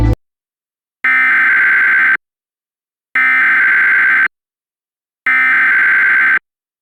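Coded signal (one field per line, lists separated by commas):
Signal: Emergency Alert System (SAME) tones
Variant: header bursts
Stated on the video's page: Reenactment mock with valid EAS tones, recreating a Tornado Emergency and a Flash Flood Emergency from Mount Holly.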